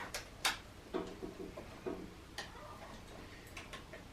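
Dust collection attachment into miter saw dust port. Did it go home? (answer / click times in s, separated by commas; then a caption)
yes / 0.5 s, 2.4 s. A dust collection attachment with small red plastic tabs with knobs on both sides is pushed onto the dust port at the back of a Bosch 12 inch Axial Glide GCM12SD miter saw. The tabs lock into place with sharp clicks at 0.5 s and 2.4 s, with several lighter ticks and rattles between and after. The attachment ends up seated.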